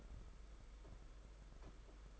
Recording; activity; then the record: daily activity, microphone in the room; take from stove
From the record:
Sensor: 5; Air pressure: 991.3 hPa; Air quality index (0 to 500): 92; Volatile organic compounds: 11 ppm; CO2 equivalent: 2312 ppm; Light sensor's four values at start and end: 33/103/40/42 and 32/103/39/42